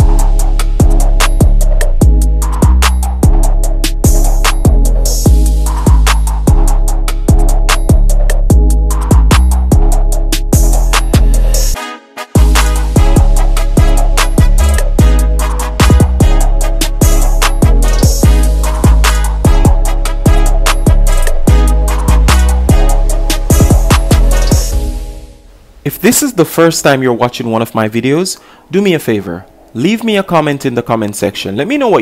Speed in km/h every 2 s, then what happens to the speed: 2, 2, 3, 6, 6, 5, 3, 6, 10, 11, 11, 10, 11, 13, 11, 8.
0-3 standing. 3-12 steady at about 5. 12-17 speeds up to 11. 17-26 steady at about 11.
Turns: none.